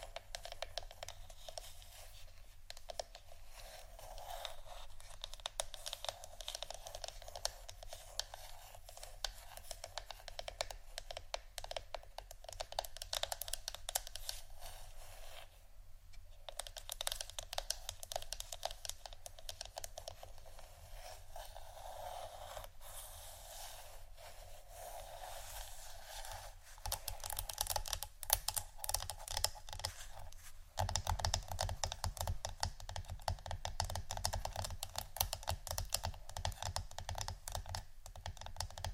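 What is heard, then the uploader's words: ASMR wooden triggers: dense, quick tapping and scratching clicks throughout, with a brief pause near 16 seconds and a low steady hum underneath. ASMR Wooden Triggers（No Talking）.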